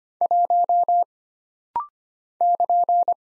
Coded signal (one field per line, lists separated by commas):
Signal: Morse code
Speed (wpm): 25 wpm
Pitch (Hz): 700 Hz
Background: none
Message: 1 <KN>